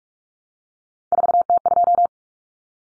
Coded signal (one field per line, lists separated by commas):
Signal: Morse code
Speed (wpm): 44 wpm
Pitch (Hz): 700 Hz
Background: none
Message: 4T2